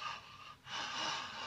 The air being sucked into the body spontaneously.